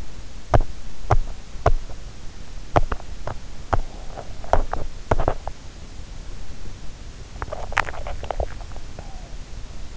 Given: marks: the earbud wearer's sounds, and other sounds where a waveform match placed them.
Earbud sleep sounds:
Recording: sounds in sleep by an in-ear microphone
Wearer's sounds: teeth grinding, swallowing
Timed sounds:
0.00-5.83 s: teeth grinding
7.12-8.61 s: swallowing

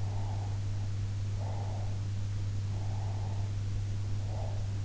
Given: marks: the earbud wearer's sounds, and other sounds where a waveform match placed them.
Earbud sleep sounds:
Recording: sounds in sleep by an in-ear microphone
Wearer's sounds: breath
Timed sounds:
0.02-1.99 s: breath
2.77-4.71 s: breath

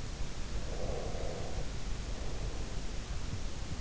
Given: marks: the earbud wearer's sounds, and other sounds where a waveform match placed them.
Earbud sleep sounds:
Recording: sounds in sleep by an in-ear microphone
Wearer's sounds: breath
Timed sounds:
0.60-3.33 s: breath

